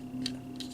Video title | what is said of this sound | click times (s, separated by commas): Perfect Effect PC-16 Upgrade Kit ( For TR Optimus Prime/LG Ginrai) | clicks in on two sides this there's one on each side | 0.3 s, 0.6 s